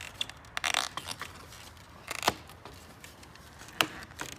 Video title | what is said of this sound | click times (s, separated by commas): Toyota Camry Front Bumper Replacement for 2010-2011 | it so you hear the clicking noise and that signifies that it's in there correctly | 0.7 s, 2.3 s, 3.8 s